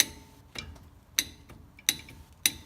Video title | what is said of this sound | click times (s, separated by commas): 2007 Ford F-150 front hub assembly and sway bar link replacement | Hear that click? That's 20. | 2.5 s